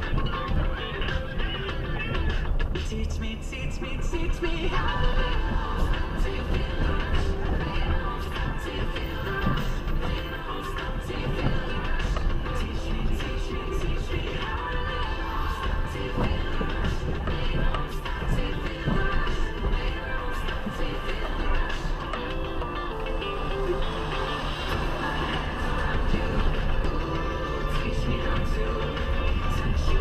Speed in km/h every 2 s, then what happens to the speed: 21, 24, 28, 26, 24, 20, 13, 13, 12, 13, 8, 8, 15, 21, 23.
0-5 speeds up to 28. 5-12 slows to 13. 12-22 steady at about 12. 22-30 speeds up to 23.